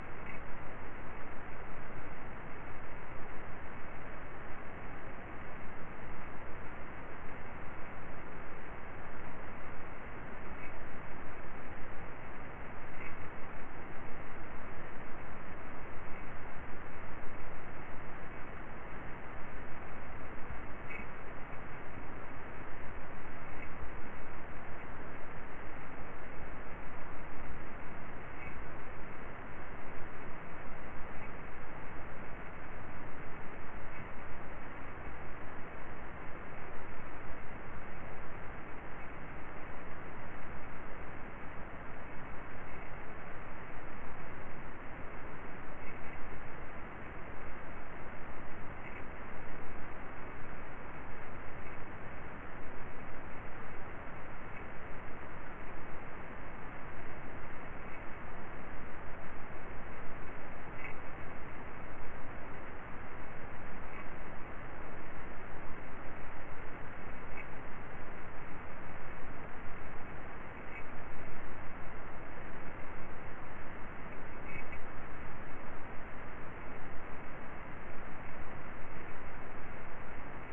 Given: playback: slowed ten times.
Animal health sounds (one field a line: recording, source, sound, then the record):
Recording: accelerometer signal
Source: Varroa mite jolting pulses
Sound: quiet clinking, 23 kHz heard at 2,200 Hz, not from every pulse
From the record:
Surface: petri dish